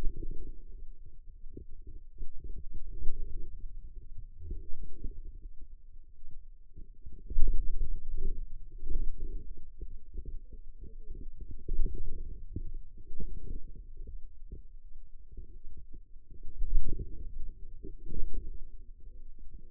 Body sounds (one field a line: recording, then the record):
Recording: forearm muscle sounds (acoustic myography)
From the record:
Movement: wrist extension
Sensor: system 2, bracelet of six BSWA MPA416 microphones around the upper forearm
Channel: 5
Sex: female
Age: 21 years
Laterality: right